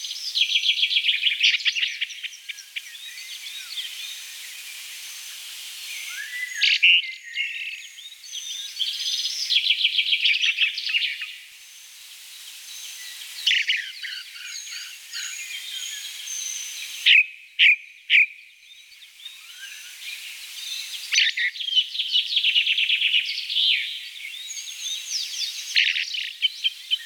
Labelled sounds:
Ring Ouzel (Turdus torquatus) song

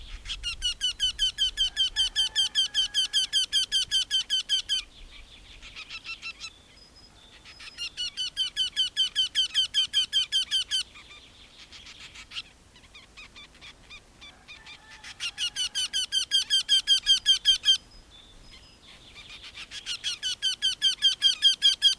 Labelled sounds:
Eurasian Wryneck (Jynx torquilla) song

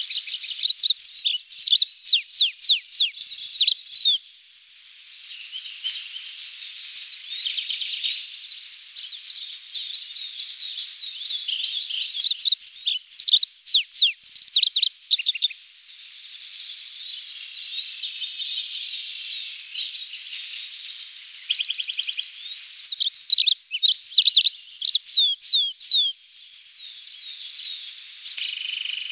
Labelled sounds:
Olive-backed Pipit (Anthus hodgsoni) song

